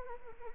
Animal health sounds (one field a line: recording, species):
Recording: mosquito wingbeat signal from an infrared sensor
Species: Anopheles arabiensis